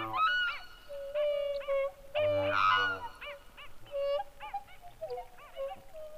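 Black swan calling with a series of short, bugling honks, some drawn out and some clipped, with a louder burst of overlapping calls near the middle.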